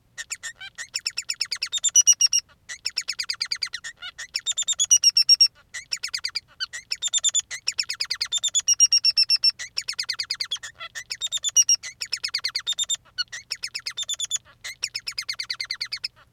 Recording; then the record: song of a male Bengalese finch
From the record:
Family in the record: son of father 3